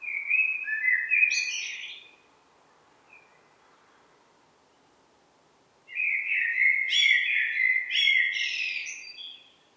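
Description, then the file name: Eurasian blackbird song: two phrases separated by a pause, each a rich, low fluting warble finishing with sharp, high twittering notes. "Turdus merula"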